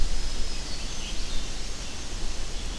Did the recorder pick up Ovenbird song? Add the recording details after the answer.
no. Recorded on 25 June 2016 at 08:08. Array SBT-6-76